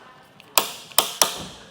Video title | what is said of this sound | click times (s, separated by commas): etrailer - How to Set Up Your Yakima CoreBar Crossbars on a 2022 Ford Bronco Sport | and you want to twist until you hear the click | 0.6 s, 1.0 s, 1.2 s